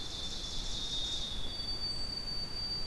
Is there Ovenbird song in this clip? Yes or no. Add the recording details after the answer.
yes. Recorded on 2 June 2016 at 06:53. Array SBT-3-7